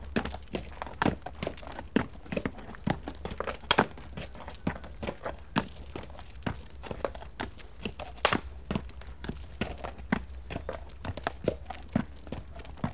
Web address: BBC Sound Effects Library Horses Dogs One Horse Walks Along In Harness